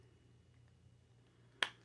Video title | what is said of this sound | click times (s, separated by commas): A Review and Unboxing of The Masters of the Universe MasterVerse NEW ETERNIA Figure of FISTO | See, that snaps in perfectly. | 1.6 s